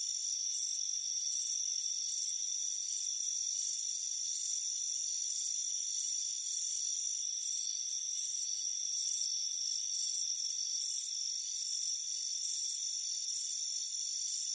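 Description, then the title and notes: High crickets chirping in evenly spaced pulsed bursts, with a constant thin tonal drone running underneath. Crickets chirping on a front porch on a warm afternoon. "Soothing Crickets Chirping Sound. It's a warm afternoon as you relax in a hammock on the front porch. Relax and fall asleep to the soothing sound of chirping crickets"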